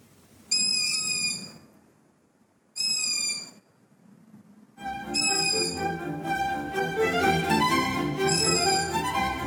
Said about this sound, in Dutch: Hij nam dit op en inderdaad, het zijn allemaal ransuilen. De laatste is een bedelroep. Nachtelijk mysterie opgelost.